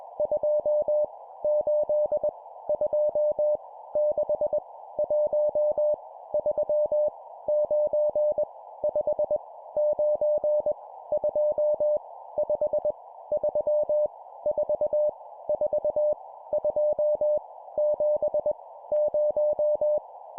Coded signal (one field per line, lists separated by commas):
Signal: Morse code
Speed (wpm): 21 wpm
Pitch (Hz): 600 Hz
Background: none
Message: 2 8 2 6 1 3 9 5 9 2 5 3 4 4 2 7 0